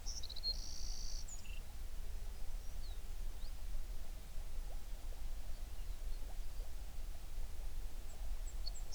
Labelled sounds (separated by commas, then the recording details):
songbird
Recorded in the Prudhoe Bay oil fields, Alaska, on 11 June 2019 at 04:43
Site 21